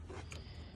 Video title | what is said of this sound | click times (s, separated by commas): How to instal electric fans and turn on in HP tuners 2000 Silverado 1500 | you'll hear it click into place and you'll know it's in | 0.3 s